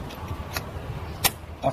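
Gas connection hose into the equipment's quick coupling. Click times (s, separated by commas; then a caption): 0.6 s. While a carbon-cleaning machine is being set up, the gas connection hose coming from the machine is pushed onto the equipment's quick coupling until it clicks. One sharp click is heard at 0.6 s as the hose seats in its coupling. Two more brief sounds follow at about 1.3 s and 1.7 s.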